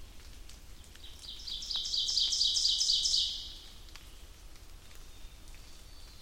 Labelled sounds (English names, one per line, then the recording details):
Ovenbird song
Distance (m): 35 m
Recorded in boreal forest in Alberta, Canada, on 2 June 2016 at 07:09
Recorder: SongMeter 3, array SBT-3-7
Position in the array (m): 47 m, 158 m
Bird 4